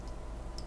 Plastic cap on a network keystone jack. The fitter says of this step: slide it onto there until it clicks and then you close it and i squeeze it with a pair of pliers